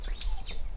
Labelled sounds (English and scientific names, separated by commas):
Stitchbird (Notiomystis cincta) song